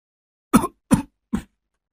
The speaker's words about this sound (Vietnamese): Tiếng ho khủ khủ, lẫn cả tiếng điệu hò ơ, cứ văng vẳng trong đêm. Tiếng ho vừa dứt, cũng là lúc giọng hò ghê rợn quen thuộc đó vẫn cứ ngân dài.